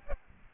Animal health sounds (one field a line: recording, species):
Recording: mosquito wingbeat signal from an infrared sensor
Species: Aedes aegypti